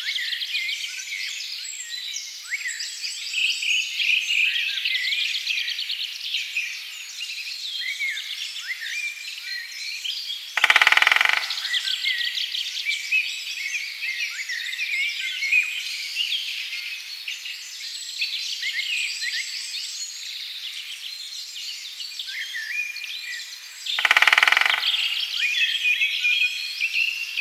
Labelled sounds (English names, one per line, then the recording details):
Great Spotted Woodpecker drumming
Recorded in the wild
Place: Lilienhof / Kaiserstuhl, Baden-Württemberg, DE
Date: 2003-03-02
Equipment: MiniDisc Sharp MT 20 H, Sennheiser MKH 816
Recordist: Schwarz, Dieter
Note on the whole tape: Drumming